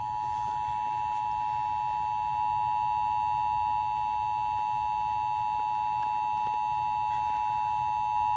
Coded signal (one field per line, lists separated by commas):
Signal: Emergency Alert System (SAME) tones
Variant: 853 and 960 Hz attention tone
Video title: SVR On 107.9 FM EAS #542